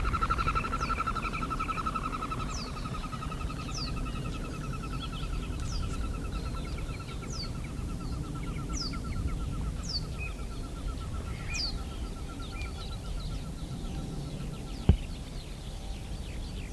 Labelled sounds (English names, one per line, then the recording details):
Northern Shoveler
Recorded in the wild
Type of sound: sound during take-off, wing flapping
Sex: male
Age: adult
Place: Parsteiner See, Brandenburg, DE
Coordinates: 52.9578, 13.9883
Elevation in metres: 40
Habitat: sedge
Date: 2006-04-12
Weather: cloudy, ca. 5°C, weak south-easterly winds
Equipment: Marantz PMD 671, Sennheiser MKH 70, Popschutz
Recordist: Frommolt, Karl-Heinz
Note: Fluggeräusche einer abfliegenden Löffelente (Erpel). Tier gesehen. Entfernung ca. 20 m